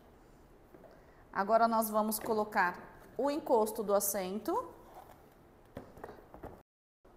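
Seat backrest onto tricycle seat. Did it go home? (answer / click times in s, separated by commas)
no / none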